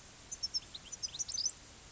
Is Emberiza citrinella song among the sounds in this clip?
no